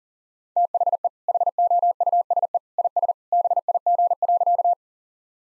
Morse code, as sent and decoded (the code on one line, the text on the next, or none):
- .... . / .... --- ..- ... . / .. ... / -... .. --. .-.-.-
THE HOUSE IS BIG.